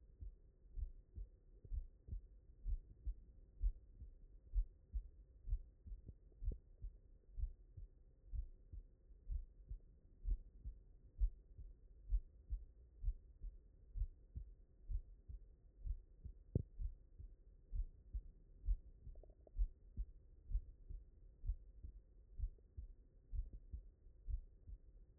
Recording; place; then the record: heart sounds by stethoscope; mitral valve (MV)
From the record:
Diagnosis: non-HFrEF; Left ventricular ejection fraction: 58%